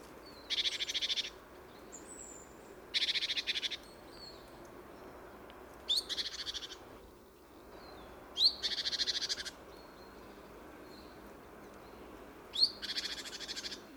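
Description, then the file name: Great tit giving harsh, rattling churrs, five buzzy pulsed bursts spaced a few seconds apart, with faint high whistles and chirps in between. "Parus major"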